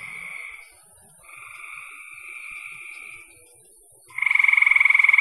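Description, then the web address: Frog calls: two soft buzzing notes, then a loud, fast pulsed trill starting near the end. "cn frogs"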